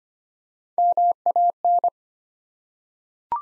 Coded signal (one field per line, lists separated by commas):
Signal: Morse code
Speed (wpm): 25 wpm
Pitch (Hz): 700 Hz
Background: none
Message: MAN